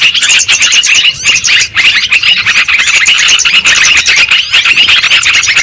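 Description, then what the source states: High, squeaky lovebird chatter runs on almost without a break, many overlapping chirps with one brief drop in volume early on. Lure sound used for trapping lovebirds.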